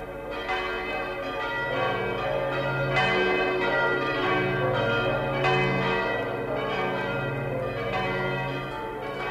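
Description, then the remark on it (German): Several new church bells, ringing for the first time, peal together in a rich, overlapping wash of deep tolling strikes and shimmering high overtones, sustained and steady throughout with no talking. “Und als die neuen Glocken zum ersten Mal läuteten, da läuteten sie nicht nur um ihrer selbst willen, sondern auch für ein Dutzend Hochzeiten.”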